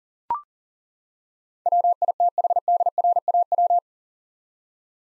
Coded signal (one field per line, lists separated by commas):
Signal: Morse code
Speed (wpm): 40 wpm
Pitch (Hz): 700 Hz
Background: none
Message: WITHDRAW